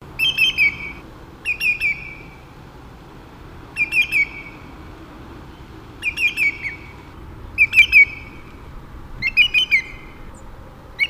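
Greater yellowlegs calling in short bursts of a few loud, clear whistled notes, the bursts repeated every one to two seconds.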